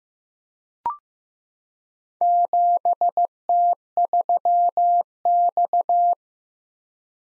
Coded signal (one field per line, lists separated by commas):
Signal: Morse code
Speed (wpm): 15 wpm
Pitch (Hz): 700 Hz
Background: none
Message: 7T3X